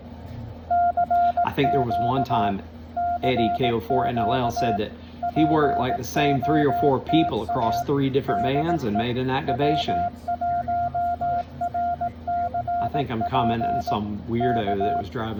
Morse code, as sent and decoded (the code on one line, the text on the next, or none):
-.-. --.- / -.-. --.- / .--. --- - .- / -.. . / .-- .---- .-. -.-. .--. / -.-
CQ CQ POTA DE W1RCP K